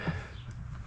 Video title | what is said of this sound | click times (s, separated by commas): 2006 Sprinter T1N Injector Replacement | that apparently doesn't click on maybe i should look into that but it's not going to vibrate off | none